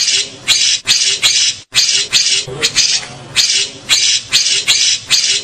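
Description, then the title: Grey-cheeked bulbul singing a continuous string of rasping, buzzy bursts in quick succession, broken by a single brief silence. "Kicau Burung Cucak Jenggot"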